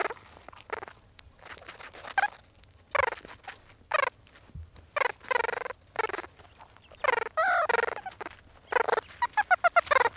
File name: edited meerkat pups chatting as they eat a scorpion